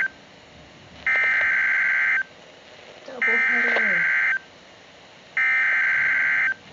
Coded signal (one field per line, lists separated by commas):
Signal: Emergency Alert System (SAME) tones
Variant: header bursts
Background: speech